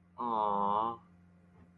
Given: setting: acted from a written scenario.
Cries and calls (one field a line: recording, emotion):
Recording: vocal sound without words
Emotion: disappointment